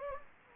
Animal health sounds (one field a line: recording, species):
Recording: mosquito wingbeat signal from an infrared sensor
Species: Anopheles gambiae